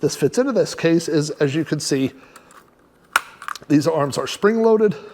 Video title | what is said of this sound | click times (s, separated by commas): Big Drone Features in a Small Package - Testing Ruko's U11MINI 4K Drone | and they just pop into place just like that. | 3.2 s